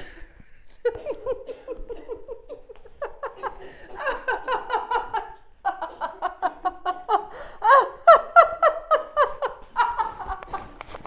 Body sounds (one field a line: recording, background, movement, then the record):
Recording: laughter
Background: a bystander coughing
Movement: walking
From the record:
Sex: female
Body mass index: 21.8 kg/m2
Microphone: on the chest, facing outward